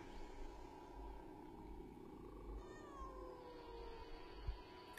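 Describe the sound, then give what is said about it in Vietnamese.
A wild cat lets out a drawn-out, wavering meow that slides downward in pitch at night beside a pagoda tree at the edge of a field, faint against a steady low rumbling background hum, with no voices present. “Bên cạnh là đôi mắt lập lòe, xanh lè lè của con mèo hoang.”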